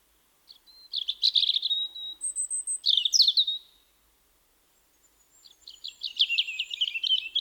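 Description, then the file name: European robin singing high tinkling phrases, with a long thin whistle and a sweeping flourish, a short silence, then a faster twittering run. "bioakusztika 08 vorosbegy"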